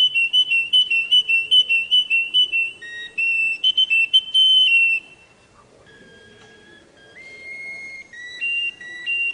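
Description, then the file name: Atlantic canary song of pure whistled notes near one pitch, pulsed in rapid rolls, then a pause and lower, steadier whistles rising in steps. Domestic canary of the Russian song type. "kenarirusia omkicau"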